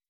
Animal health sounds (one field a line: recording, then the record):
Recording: hydrophone in a shrimp aquaculture tank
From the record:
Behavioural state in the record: weakened